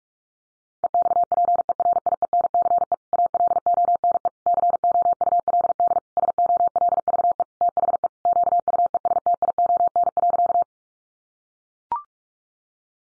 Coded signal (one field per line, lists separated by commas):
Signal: Morse code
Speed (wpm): 44 wpm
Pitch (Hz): 700 Hz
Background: none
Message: EXPERIENCE ALONE COULD SOLVE THE QUESTION.